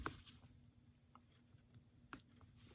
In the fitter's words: that's what it looks like when it snaps in place the ring needs to fall into the groove right